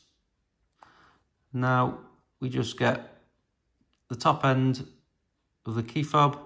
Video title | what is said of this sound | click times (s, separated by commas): Ford Focus Fiesta Key Fob Battery Replacement | make sure it all Clicks in place | 0.8 s